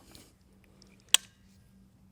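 On a crossbow, the trigger box is cranked back under the scope rail until it meets the cocking lock latch lever. Faint low ticks and rubbing lead up to one loud, sharp click at 1.1 s as the latch engages and moves. The trigger box is confirmed latched in place.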